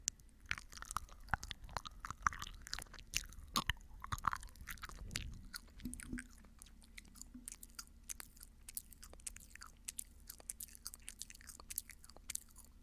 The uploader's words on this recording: Mouth Sounds - Clicking, wet noise, gum chewing, etc. Quick mouth sounds that change in speed and vary over the minutes.